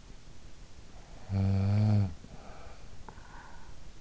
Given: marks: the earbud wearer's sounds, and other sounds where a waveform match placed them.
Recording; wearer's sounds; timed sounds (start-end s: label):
sounds in sleep by an in-ear microphone; snoring breath
0.60-3.92 s: snoring breath